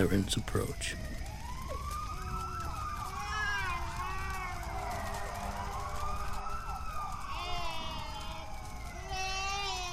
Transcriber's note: sirens